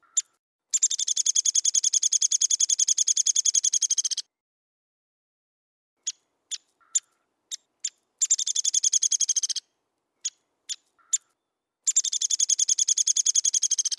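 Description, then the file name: Downy woodpecker rattles and calls: long rapid trills of even pitch separated by clusters of sharp single notes, repeated throughout with nothing else audible. "suara burung pelatuk downy omkicau"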